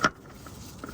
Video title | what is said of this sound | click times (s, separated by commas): Complete Toyota Transmission Removal & Torque Converter Replacement | alright double click in all the way | 0.0 s, 0.8 s